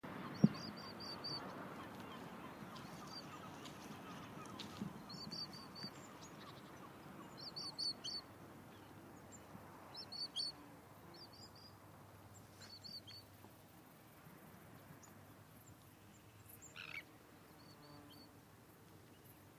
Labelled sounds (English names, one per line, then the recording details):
Sandwich Tern call
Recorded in the wild
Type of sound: call
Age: diverse
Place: Kloster, Insel Hiddensee, Mecklenburg-Vorpommern, DE
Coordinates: 54.5792, 13.1025
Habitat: sea coast
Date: 2012-09-11
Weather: 15°C, cloudy, almost windless
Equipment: Sound Devices 702, Sennheiser MKH 415 T, Rhode Windschutz
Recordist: Frommolt, Karl-Heinz
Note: Rufe von Brandseeschwalben im Flug. Die hohen Rufe stammen von Jungvögeln